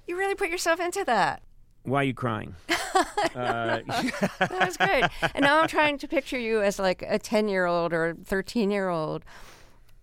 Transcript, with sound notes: You really put yourself into that.
Why are you crying?
(LAUGHTER)
That was great. I'm trying to picture you as, like, a 10-year-old or 13-year-old